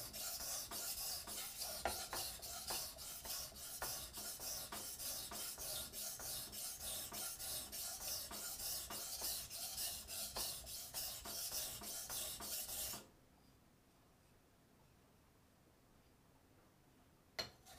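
A knife is sharpened with steady, rapid rasping strokes, a bright scraping hiss repeating several times a second for about thirteen seconds. Then the stroking stops and near-silence follows, broken by a single sharp click just before the end.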